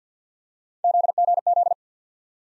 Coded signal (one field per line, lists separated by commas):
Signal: Morse code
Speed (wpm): 50 wpm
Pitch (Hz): 700 Hz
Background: none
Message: ZGZ